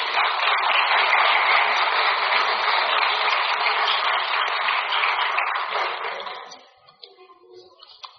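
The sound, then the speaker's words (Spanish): An audience bursts into sustained applause for the Lord Jesus Christ, a dense, steady roar of many hands clapping for about six seconds before fading out into a few scattered claps. “Denle un aplauso al Señor Jesucristo.”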